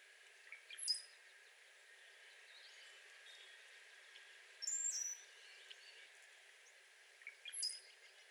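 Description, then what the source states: Cowbird giving thin, very high whistles, three brief sharp notes spaced a few seconds apart, some with a quick downward slur, over a faint steady background hiss. Display, recorded 7 May 2020.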